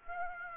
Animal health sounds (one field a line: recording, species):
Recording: mosquito wingbeat signal from an infrared sensor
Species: Aedes aegypti